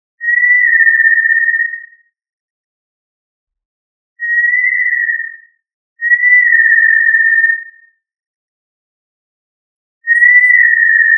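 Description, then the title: Tinamou whistling: four long, steady, pure notes spaced by uneven gaps of silence. "Familia Tinamidae - Quail - Puyuh"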